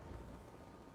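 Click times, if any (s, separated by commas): none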